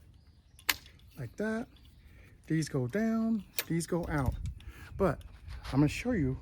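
A folding arm on an old metal folding luggage cart is unfolded and locks into its open position with a sharp click at 0.7 s. Someone talks throughout.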